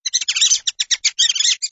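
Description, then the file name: Mouse squeaks, a rapid run of about a dozen short, high-pitched chirping notes with brief gaps, filling under two seconds, no other sounds. "mysinyj pisk"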